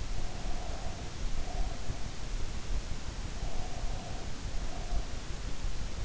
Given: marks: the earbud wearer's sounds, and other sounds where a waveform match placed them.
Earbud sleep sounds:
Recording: sounds in sleep by an in-ear microphone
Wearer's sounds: breath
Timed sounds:
0.03-1.98 s: breath
3.28-5.16 s: breath

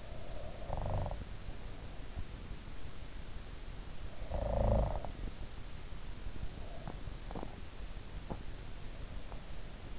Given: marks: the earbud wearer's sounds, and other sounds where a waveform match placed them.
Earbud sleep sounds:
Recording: sounds in sleep by an in-ear microphone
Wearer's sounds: snoring breath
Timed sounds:
0.00-2.34 s: snoring breath
4.05-6.28 s: snoring breath

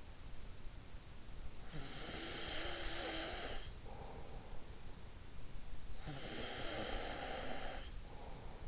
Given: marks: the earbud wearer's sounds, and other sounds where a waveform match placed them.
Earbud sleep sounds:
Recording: sounds in sleep by an in-ear microphone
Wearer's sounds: snoring breath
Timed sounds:
1.61-4.80 s: snoring breath
5.84-8.68 s: snoring breath

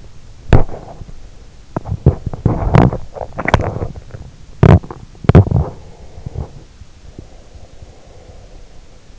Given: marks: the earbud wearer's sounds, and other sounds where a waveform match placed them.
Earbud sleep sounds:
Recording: sounds in sleep by an in-ear microphone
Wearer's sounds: body movement, breath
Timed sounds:
0.31-8.33 s: body movement
5.76-9.19 s: breath

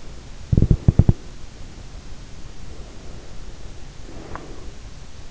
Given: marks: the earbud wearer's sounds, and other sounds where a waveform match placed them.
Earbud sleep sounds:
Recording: sounds in sleep by an in-ear microphone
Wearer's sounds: teeth grinding, breath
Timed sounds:
0.00-1.36 s: teeth grinding
2.28-5.14 s: breath

